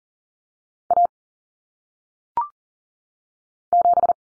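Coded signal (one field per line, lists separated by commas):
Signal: Morse code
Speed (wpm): 40 wpm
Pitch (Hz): 700 Hz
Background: none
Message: A 7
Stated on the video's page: Single-digit cut-number drill at 40 wpm for head-copy, with T, A, N standing for 0, 1, 9; each number sent in Morse, then spoken, then sent again.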